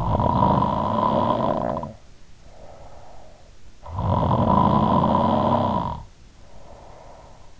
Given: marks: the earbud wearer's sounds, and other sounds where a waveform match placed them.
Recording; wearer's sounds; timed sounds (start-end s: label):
sounds in sleep by an in-ear microphone; snoring breath
0.00-3.46 s: snoring breath
3.76-7.54 s: snoring breath